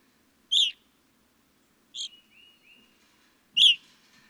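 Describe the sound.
Evening grosbeak giving three sharp chirps, the middle one followed by gentle whistled slurs.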